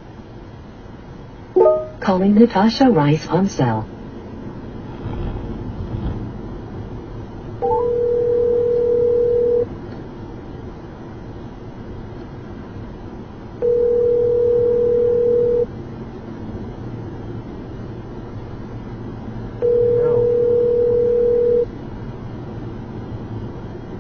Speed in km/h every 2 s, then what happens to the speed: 63, 68, 72, 72, 72, 72, 71, 74, 77, 77, 79, 81.
0-4 speeds up to 72. 4-24 steady at about 72.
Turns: none.